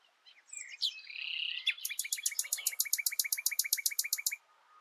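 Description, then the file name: Common nightingale song: a short whistled and buzzy opening, then a long fast series of loud clicking notes repeated several times per second until the phrase ends. "Luscinia megarhynchos"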